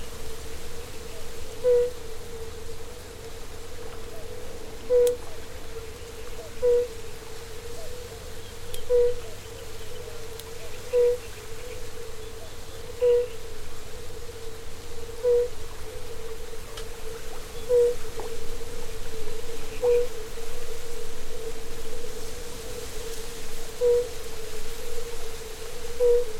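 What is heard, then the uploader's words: An evening recording at Niezgoda Pond in Milicz Ponds Nature Reserve. A steady mid-pitched hum runs throughout, with a short call rising above it about every two seconds. A low rumble and occasional sharp clicks sit underneath. Recorded in the evening at Niezgoda Pond in Milicz Ponds Nature Reserve. Quite strong wind, rustling reeds, birds voices, swans splashing the water Sony PCM D50, Rode NT4, BMA FEL.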